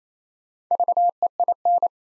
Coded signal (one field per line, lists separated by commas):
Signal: Morse code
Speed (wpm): 27 wpm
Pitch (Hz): 700 Hz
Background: none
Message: VEIN